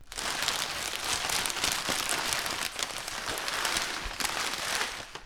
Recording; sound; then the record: sound for misophonia research; plastic crumpling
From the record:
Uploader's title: plastic crumpling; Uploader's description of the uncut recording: Plastic bag being crumpled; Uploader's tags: plastic, OWI, crumpling, bag